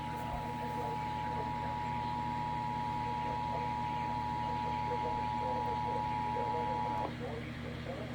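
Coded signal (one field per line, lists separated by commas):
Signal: Emergency Alert System (SAME) tones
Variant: 853 and 960 Hz attention tone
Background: speech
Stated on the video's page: Severe thunderstorm warnings received on NOAA Weather Radio WXL50 and radio stations WKML and WQSM.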